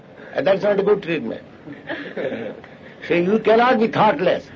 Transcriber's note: laughter